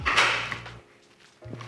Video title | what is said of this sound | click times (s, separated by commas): The best beer for Philips Perfect Draft: Clwb Tropica | good hard click it's | 0.5 s